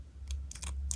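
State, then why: Seated. A replacement steel utility blade is pushed into a utility knife's blade holder, with several light clicks and ticks of the mechanism at about 0.3, 0.5 and 0.6 seconds. A sharp, louder click at 0.9 seconds marks the blade locking into place, seated.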